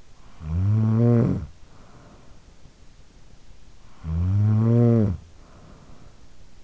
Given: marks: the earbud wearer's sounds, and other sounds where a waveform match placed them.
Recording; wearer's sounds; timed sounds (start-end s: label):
sounds in sleep by an in-ear microphone; snoring breath
0.00-2.63 s: snoring breath
3.56-6.59 s: snoring breath